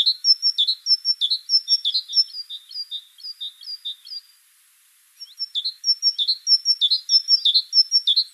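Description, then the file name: Great tit calls: rapid series of short, high chipping notes with upward flicks, a brief pause midway, then the chattering resumes; no other clear sounds. "Parus major"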